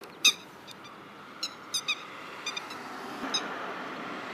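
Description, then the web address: Grey-headed lapwing giving short, sharp, ringing calls, single or in quick pairs, spaced irregularly over a few seconds against a soft hiss. "izumino saunndo keri"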